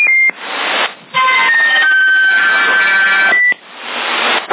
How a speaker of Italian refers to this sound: Rispondi al telefono, rispondi.